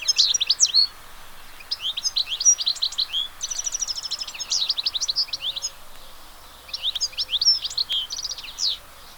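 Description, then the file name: European goldfinch singing fast, tinkling twitters mixed with dry buzzy trills in three phrases separated by short gaps. "chardonneret"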